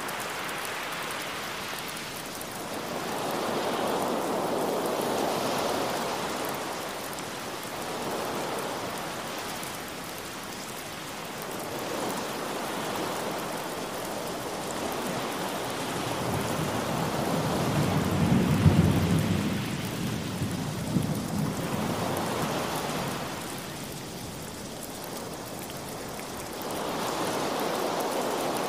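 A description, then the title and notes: Steady rain hisses throughout, with slow washes of surf swelling and fading every few seconds. A low roll of thunder rumbles up around the middle and peaks near nineteen seconds before settling back under the rain. Rain And Thunder Sound With Ocean Waves.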